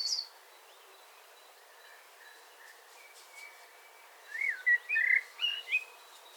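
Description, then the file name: Common blackbird song, a high squeak at the start, then one fluting warbled phrase near the end, over a steady background hiss. "Turdus merula"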